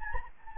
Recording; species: mosquito wingbeat signal from an infrared sensor; Anopheles gambiae